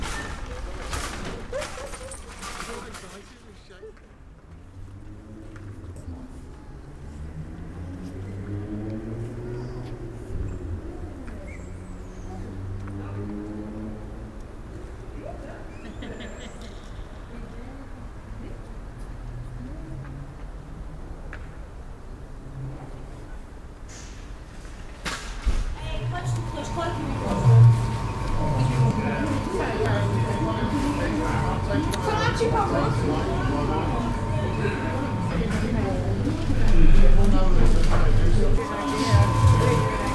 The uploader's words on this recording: Bell Green, How Places Feel: Soundscape. Listen to Riley Square, recorded by audio consultant Gavin Griffiths as part of our Bell Green Library project: The Time of Our Lives.